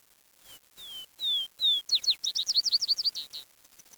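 Bird singing a short phrase of four drawn-out descending whistled notes followed by a fast, bright trill of repeated chirps, then faint high notes at the end.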